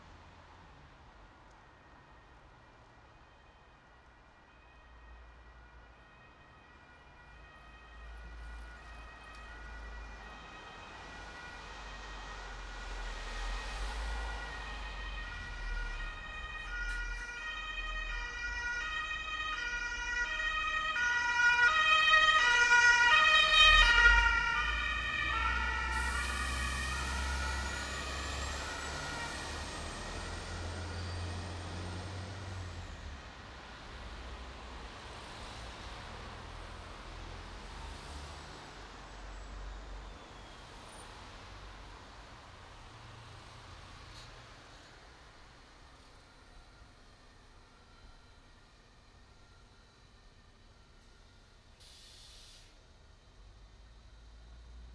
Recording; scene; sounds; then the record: everyday scene through a hearing-aid microphone; in traffic; traffic, siren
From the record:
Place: bus stop on a city main road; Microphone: in the ear canal, right